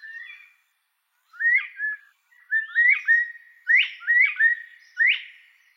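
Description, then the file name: Northern bobwhite singing a run of rising whistled notes, one to three in each burst, loud and clear with short pauses. "canto da perdiz da virginia"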